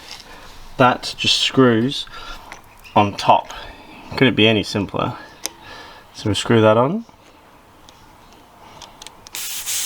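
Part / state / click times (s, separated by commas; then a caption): UHF antenna whip into its threaded mount base / seated / 9.3 s, 9.4 s. A UHF antenna whip is screwed by hand onto its threaded mount base on a vehicle while someone talks. The rubbing of the turning threads is heard, followed by sharp clicks at 9.3 and 9.4 seconds as the whip engages and seats.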